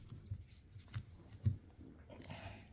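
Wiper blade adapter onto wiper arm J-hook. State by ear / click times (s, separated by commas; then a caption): not seated / none. A new hook-style wiper blade with a plastic adapter is handled and pushed toward the J-hook of a RAV4's wiper arm. Soft scrapes and faint ticks come at about 0.1 s and 1.0 s, a slightly stronger low knock at about 1.5 s, and a brighter rustling hiss from about 2.2 s to the end. Nothing has snapped or seated yet.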